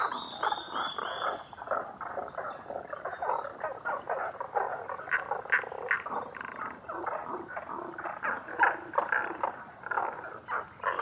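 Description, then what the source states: Tago's brown frog chorus, many grating pulsed croaks overlapping continuously; a thin whistle series sounds in the opening two seconds. Recorded 11 June 2010 at 18:05.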